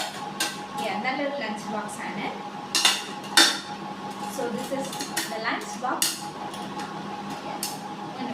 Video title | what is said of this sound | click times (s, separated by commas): 🤩Back to school Shopping & Haul,Shopping for 12th Grade👧& 6th grade ✨ | full lock ആയി. | 7.6 s